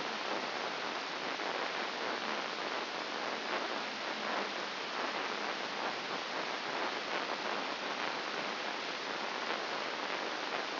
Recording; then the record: brain microelectrode recording played as sound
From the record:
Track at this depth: outside the subthalamic nucleus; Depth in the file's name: 5.901 mm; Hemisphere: left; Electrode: 2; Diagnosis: Parkinson's disease